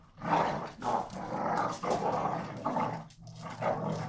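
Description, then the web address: Pit bull fight snarls: dense, continuous growling with rhythmic harsh pulses throughout the short stretch. Two pit bulls fighting each other. "NS Studios - ultra sound collection animals dogs - Pit bull Tessa Pit bull Bahko"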